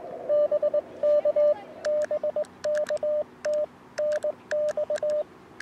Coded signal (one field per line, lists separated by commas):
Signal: Morse code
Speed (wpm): 20 wpm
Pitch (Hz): 600 Hz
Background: radio noise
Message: BK BK TNX